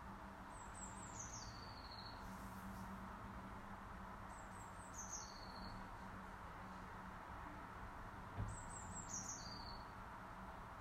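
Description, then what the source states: Eurasian blue tit calls: three high, thin, downward-stepping phrases with a lower final note, separated by a few seconds, over low steady hum and a brief knock. Call type 2.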